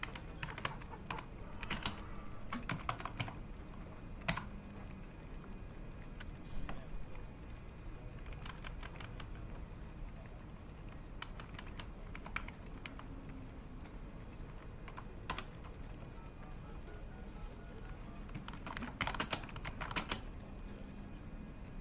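Keyboard typing clicks in short irregular bursts, busiest near the start and again around nineteen to twenty seconds. Underneath runs a steady low murmur of conversation, with scattered single taps and knocks through the middle stretch.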